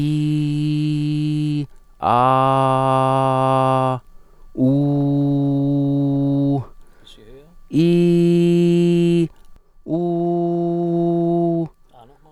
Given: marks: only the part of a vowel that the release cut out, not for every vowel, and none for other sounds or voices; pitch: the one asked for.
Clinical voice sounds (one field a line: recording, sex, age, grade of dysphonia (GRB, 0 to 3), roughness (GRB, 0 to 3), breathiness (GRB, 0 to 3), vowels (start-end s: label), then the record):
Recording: sustained vowels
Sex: male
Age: 30 to 39 years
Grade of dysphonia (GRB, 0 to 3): 0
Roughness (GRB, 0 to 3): 0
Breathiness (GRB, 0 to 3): 0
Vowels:
0.00-1.47 s: vowel /i/, normal pitch
2.15-3.83 s: vowel /a/, normal pitch
4.72-6.47 s: vowel /u/, normal pitch
7.85-9.13 s: vowel /i/, high pitch
10.00-11.56 s: vowel /u/, high pitch
From the record:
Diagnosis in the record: healthy voice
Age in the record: 37 years